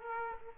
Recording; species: mosquito wingbeat signal from an infrared sensor; Aedes aegypti